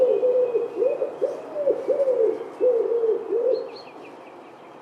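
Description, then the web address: Bird giving low, hollow coos in a quick series that fades out, followed by a few faint high chirps near the end. "cianscape. Deverinetal. Bird Only"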